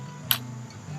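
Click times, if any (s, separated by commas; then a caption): 0.3 s. After cocking, the barrel of a Weihrauch HW35E break-barrel air rifle is closed and its steel latch locks up into the action with one tiny, quiet click at 0.3 s, over a steady low hum. The barrel is confirmed latched shut, with very little noise, which helps a hunter stay stealthy in the woods.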